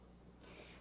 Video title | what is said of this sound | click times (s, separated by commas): March 27, 2021 | until you hear it lock into place | 0.4 s